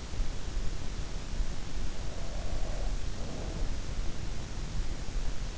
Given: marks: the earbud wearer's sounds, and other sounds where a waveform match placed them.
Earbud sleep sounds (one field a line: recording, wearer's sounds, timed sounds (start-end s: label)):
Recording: sounds in sleep by an in-ear microphone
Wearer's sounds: breath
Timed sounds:
1.97-3.94 s: breath